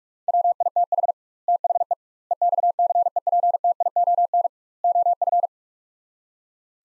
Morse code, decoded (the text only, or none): WITH THE EXCEPTION OF